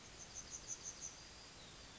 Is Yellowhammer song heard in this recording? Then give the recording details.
yes. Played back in forest. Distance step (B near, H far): F. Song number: 173